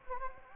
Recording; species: mosquito wingbeat signal from an infrared sensor; Anopheles gambiae